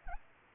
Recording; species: mosquito wingbeat signal from an infrared sensor; Anopheles arabiensis